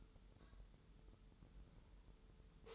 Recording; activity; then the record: daily activity, microphone in the room; take from stove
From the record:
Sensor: 3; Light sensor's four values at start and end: 24/75/31/27 and 24/75/31/27